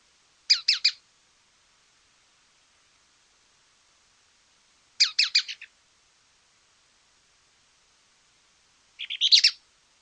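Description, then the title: Mouse-colored tyrannulet repeating short clusters of several high buzzy notes, spaced about four seconds apart with silence between. Nominate subspecies murina. "LuckyPassaro Completos2Sama. Mouse-colored Tyrannulet (Phaeomyias murina murina)"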